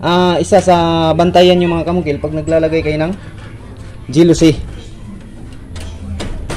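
A man talks while a glass jalousie blade is handled at the metal blade holder (clip) of a jalousie window frame mounted on metal studs, with only faint low handling noise between his words. Nothing has seated or clicked into the holder yet.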